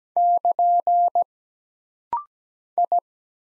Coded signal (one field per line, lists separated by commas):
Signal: Morse code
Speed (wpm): 17 wpm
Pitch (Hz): 700 Hz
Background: none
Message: <KN> I